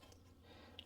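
A coolant overflow bottle tube is pushed back into its plastic retaining clip on the radiator fan shroud of a Toyota Camry 2.4L engine after the fan assembly is reinstalled. A low, steady hum runs underneath until a short, sharp click at 0.8 s, when the tube seats in the clip.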